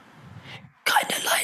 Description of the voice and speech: She spoke in this tiny, tiny, barely audible little whisper. She couldn't speak. This hoarse little whisper.